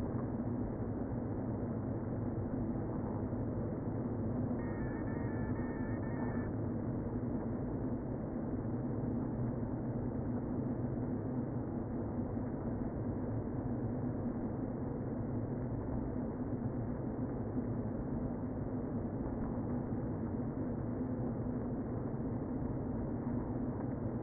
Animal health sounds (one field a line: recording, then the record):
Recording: honeybee colony, microphone inside the hive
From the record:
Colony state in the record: queen present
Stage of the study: before two queens were removed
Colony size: about 60,000 bees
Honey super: yes